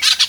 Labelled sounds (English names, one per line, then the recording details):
Brown-throated Parakeet contact call
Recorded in Venezuela
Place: Guárico; Corozopando; Fundo La Fe
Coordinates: 8.506, -67.593